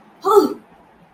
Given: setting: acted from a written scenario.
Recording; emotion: vocal sound without words; distress